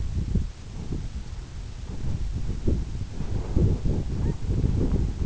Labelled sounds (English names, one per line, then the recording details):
Canada Goose
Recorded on Arctic tundra, site EABA-1, on 26 June 2018
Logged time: 00:00